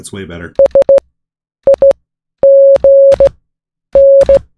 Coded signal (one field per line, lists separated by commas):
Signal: Morse code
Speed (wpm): 15 wpm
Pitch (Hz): 550 Hz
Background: speech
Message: SIGN